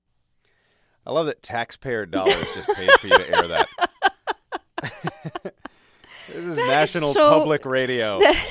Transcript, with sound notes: I love that taxpayer dollars just paid for you to air that.
(SOUNDBITE OF LAUGHTER)
That is so...
This is National Public Radio.